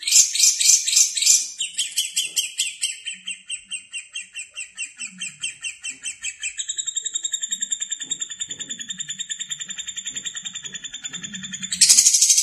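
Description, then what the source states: Lovebird giving loud, rapid, high chirps that soften, then merge into a quicker, even, buzzy trill before ending in a sharp, loud burst. Lovebird singing in the konslet style.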